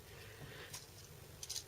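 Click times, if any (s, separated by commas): none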